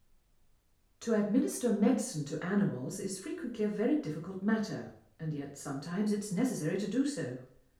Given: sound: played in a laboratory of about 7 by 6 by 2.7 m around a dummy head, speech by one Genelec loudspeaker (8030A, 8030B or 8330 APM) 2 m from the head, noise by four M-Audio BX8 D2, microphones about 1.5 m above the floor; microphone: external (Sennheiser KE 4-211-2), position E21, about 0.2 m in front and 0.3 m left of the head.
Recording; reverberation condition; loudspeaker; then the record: female speech in English; medium; 120 degrees to the right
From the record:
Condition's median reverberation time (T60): about 510 ms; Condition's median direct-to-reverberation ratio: about -0.5 dB